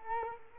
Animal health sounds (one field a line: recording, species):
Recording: mosquito wingbeat signal from an infrared sensor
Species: Culex quinquefasciatus